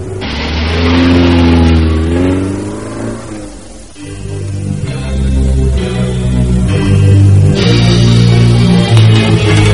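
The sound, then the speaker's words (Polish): A car engine drives steadily, its low hum rising and falling as the vehicle revs and shifts gears, with a continuous mid-pitched motor tone throughout and no one speaking. “Zupełnie nie rozumiem, dlaczego chciałeś jechać samochodem.”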